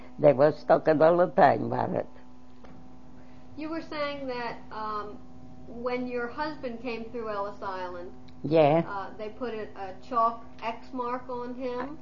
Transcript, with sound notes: They were talking all the time about it. (pause off record)
You were saying that when your husband came through Ellis Island they put a chalk mark, an X-mark on him?